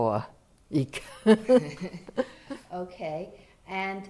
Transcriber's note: laughter